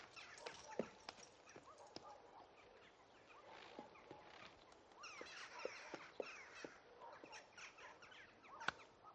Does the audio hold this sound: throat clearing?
no